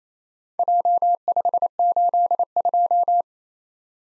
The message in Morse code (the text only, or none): J582